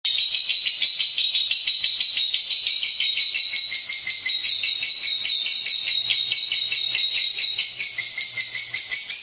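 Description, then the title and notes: Lovebird ngekek-style song, a dense, buzzy, high trill rattling on without pause, its pitch wavering slightly. Lovebird ngekek song, used as a bait song (kicau pancingan) to prompt other lovebirds to sing. "suara Master Kicau Lovebird ngekek, kicau pancingan"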